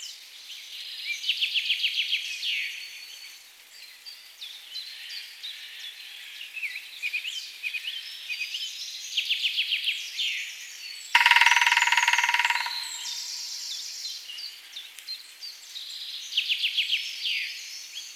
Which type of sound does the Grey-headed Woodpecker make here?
song